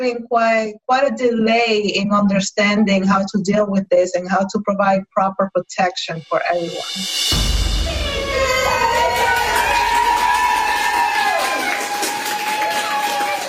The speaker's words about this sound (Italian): Alle 7 di sera a Brooklyn, nel Queens, nel Bronx, dalle finestre da qualche giorno parte un applauso spontaneo per ringraziare i medici, gli infermieri e tutte le persone che sono in prima linea nella battaglia con il coronavirus.